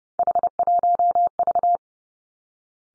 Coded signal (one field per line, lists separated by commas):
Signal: Morse code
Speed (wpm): 30 wpm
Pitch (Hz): 700 Hz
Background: none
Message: H1V